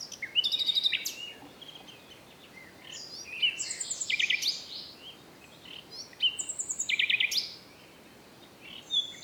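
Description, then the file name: Common nightingale song: several brief rattling trills and whistled notes that come and go against steady background noise. "Luscinia megarhynchos"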